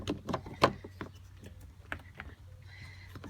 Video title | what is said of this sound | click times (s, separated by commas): Subaru Crosstrek Ecohitch Invisi Install | pops right in here that's it the tab is in place | 0.6 s